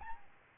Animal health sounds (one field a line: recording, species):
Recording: mosquito wingbeat signal from an infrared sensor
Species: Aedes albopictus